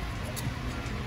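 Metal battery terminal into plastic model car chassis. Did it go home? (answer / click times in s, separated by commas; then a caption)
no / none. A metal battery terminal is handled against a plastic Tamiya Mini 4WD MA chassis (Japan Cup 2018 build), on its way to being pushed in until it snaps and locks the terminal in place. Only steady, broadband background noise with faint ticks is heard, and no distinct snap. Nothing has seated or clicked yet; the terminal is not yet home.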